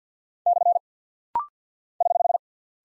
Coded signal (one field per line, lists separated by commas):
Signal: Morse code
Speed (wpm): 48 wpm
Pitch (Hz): 700 Hz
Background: none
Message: / <HH>